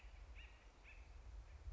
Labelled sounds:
Acorn Woodpecker (Melanerpes formicivorus)
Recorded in Sonoma County, California

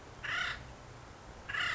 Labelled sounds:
Acorn Woodpecker (Melanerpes formicivorus)
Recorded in Sonoma County, California

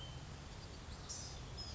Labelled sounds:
Blue-gray Gnatcatcher (Polioptila caerulea)
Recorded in Sonoma County, California

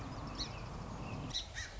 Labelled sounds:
Song Sparrow (Melospiza melodia)
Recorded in Sonoma County, California

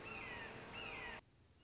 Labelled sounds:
Red-shouldered Hawk (Buteo lineatus)
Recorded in Sonoma County, California

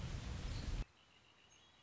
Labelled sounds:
Red-winged Blackbird (Agelaius phoeniceus)
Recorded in Sonoma County, California

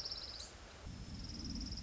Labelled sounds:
Orange-crowned Warbler (Leiothlypis celata)
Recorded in Sonoma County, California

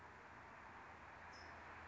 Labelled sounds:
California Towhee (Melozone crissalis)
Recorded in Sonoma County, California

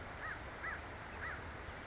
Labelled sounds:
American Crow (Corvus brachyrhynchos)
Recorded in Sonoma County, California

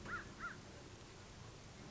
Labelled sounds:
American Crow (Corvus brachyrhynchos)
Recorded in Sonoma County, California

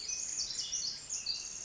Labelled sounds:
Pacific Wren (Troglodytes pacificus)
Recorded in Sonoma County, California

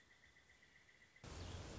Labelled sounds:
Pileated Woodpecker (Dryocopus pileatus)
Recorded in Sonoma County, California

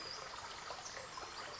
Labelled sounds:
Western Flycatcher (Empidonax difficilis)
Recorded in Sonoma County, California

